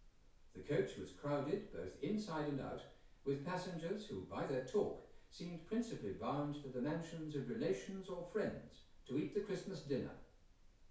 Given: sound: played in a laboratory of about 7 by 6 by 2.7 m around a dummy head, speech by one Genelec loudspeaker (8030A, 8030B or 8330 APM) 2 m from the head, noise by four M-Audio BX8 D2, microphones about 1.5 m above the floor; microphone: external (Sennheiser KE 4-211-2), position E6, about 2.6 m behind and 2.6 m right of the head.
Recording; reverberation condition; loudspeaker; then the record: male speech in English; medium; 30 degrees to the right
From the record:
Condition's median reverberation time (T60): about 510 ms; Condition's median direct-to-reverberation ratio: about -0.5 dB